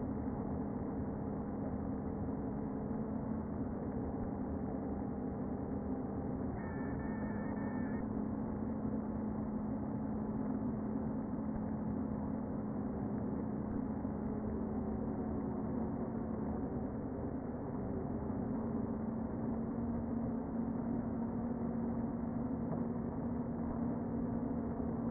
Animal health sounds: honeybee colony, microphone inside the hive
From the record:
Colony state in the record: queen present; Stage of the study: before two queens were removed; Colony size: about 60,000 bees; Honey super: yes

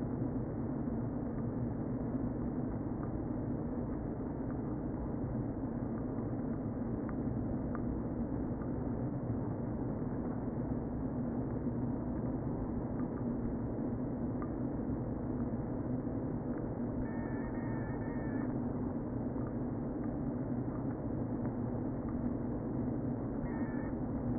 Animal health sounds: honeybee colony, microphone inside the hive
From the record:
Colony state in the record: queen present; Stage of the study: before two queens were removed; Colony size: about 60,000 bees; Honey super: yes

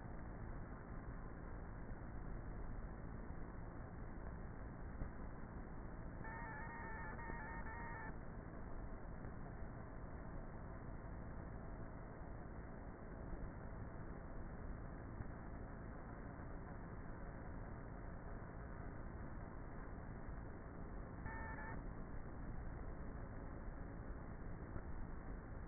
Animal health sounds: honeybee colony, microphone inside the hive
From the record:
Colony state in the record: queenless with a low population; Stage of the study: before two queens were removed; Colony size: about 30,000 bees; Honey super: no

